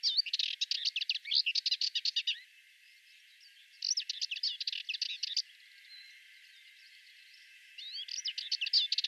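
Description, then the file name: Sardinian warbler song: three bursts of rapid, dry chattering, with pauses between them. "Fauvette melanocephale"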